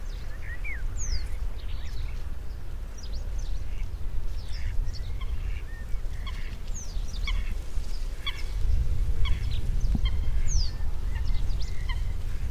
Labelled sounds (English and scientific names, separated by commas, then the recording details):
Reed Bunting (Emberiza schoeniclus)
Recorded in the wild
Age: adult
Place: Hobrechtsfelder Rieselfelder, Naturpark Barnim, Berlin, DE
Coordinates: 52.6681, 13.4714
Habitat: lake
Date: 2012-04-25 20:10
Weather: 10°C, sunny, weak winds
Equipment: Sound Devices 702, Sennheiser MKH 415 T, Rhode Windschutz
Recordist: Frommolt, Karl-Heinz